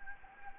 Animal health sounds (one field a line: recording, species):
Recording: mosquito wingbeat signal from an infrared sensor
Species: Anopheles gambiae